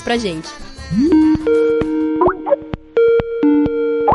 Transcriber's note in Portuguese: Som de chamada de Skype